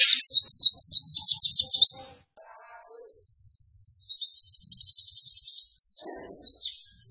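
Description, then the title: White-eye song: long, high, rapid trills and warbling twitters, with only a short break. Training recording for cage birds, described as gacor, meaning vigorous, frequent singing. "Pleci Gacor 02. Masteran Burung PLECI Paling DICARI Untuk Cetak PRESTASI"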